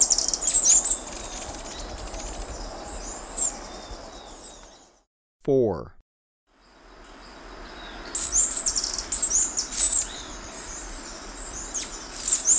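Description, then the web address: Andean emerald with bursts of high, sharp twittering chips, broken by a quiet gap and a short lower sweeping sound, before the thin chipping resumes. Ecuador. "Birds of Ecuador. Andean Emerald"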